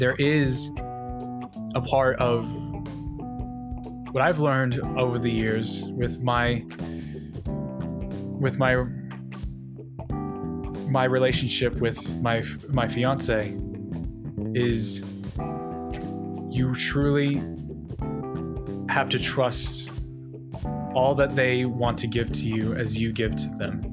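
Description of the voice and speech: An adult man who stutters speaks in short fragments with repeated words ('with my, with my, my… my') and silent blocks of one to two seconds between phrases, plus some stretched sounds. These are typical stuttering disfluencies. Soft music plays underneath.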